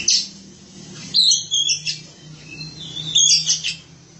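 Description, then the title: Oriental magpie-robin singing short, bright, squeaky phrases with quick twittering notes, separated by brief pauses, over a low steady hum. "Suara Kicauan Burung Kacer"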